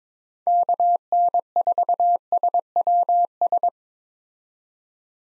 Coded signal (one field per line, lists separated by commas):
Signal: Morse code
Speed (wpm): 22 wpm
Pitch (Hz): 700 Hz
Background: none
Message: KN4SWS